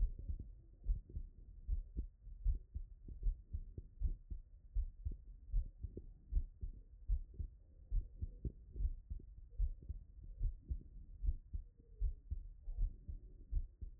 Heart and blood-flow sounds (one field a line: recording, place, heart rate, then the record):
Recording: heart sounds by stethoscope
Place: Erb's point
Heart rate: 70 bpm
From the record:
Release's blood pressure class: hypertension stage 1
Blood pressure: 132/75 mmHg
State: after exercise